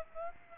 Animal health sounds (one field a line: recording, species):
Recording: mosquito wingbeat signal from an infrared sensor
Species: Aedes aegypti